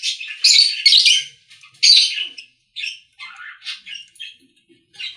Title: Budgie Sounds